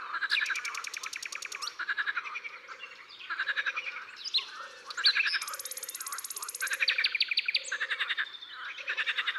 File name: Rousserolle turdoide Concerts Naturels de la Drome Studio les Trois Becs